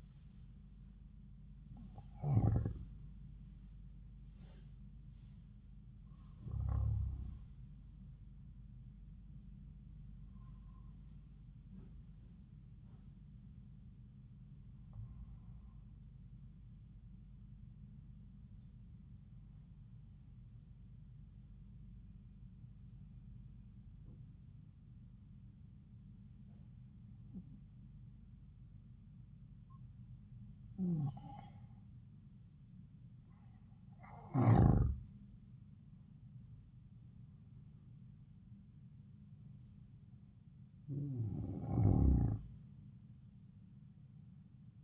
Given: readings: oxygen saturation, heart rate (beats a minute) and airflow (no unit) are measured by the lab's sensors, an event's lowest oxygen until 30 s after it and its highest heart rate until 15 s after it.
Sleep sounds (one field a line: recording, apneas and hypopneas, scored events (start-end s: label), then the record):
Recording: breathing in sleep by a smartphone at the bedside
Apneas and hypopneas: 1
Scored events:
17.00-36.90 s: hypopnea (N2, oxygen 94% highest, then 89% lowest, heart rate 74 at the start, 79 highest)
From the record:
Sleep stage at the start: N2 (light sleep)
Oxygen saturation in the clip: 90 to 94%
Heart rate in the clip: 72 to 79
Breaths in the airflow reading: 11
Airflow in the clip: -5.3 to 6.3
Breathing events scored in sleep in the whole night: 270 in 6.1 hours asleep